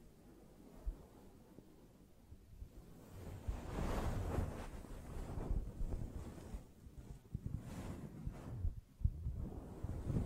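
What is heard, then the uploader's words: Soft brushing strokes rustle and rumble in uneven swells that grow fuller after a few seconds, with brief knocks near the first and ninth seconds. ASMR Gently Brushing Your Brain (No Talking).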